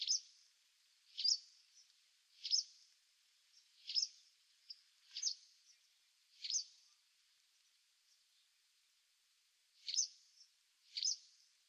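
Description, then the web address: White wagtail calls: short, sharp high chirps given singly at uneven intervals, about nine over the stretch, with a quiet background. "cianscape birddata Deverinetal 2025"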